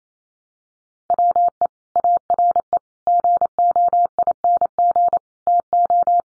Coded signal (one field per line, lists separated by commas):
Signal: Morse code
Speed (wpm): 28 wpm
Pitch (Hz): 700 Hz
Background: none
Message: WE ARE GOING TO